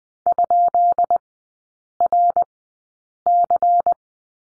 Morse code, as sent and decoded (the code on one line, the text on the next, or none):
..--.. .-. -.-.
?RC